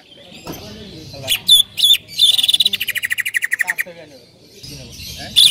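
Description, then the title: Bird song, high chirps and then a fast trill of repeated notes, followed by a few sharp tweets. "Kicau Burung"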